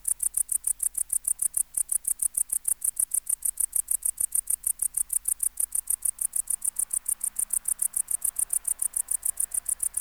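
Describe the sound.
Tettigonia hispanica bush-cricket singing a steady train of short, high, hissing pulses repeated rapidly and evenly.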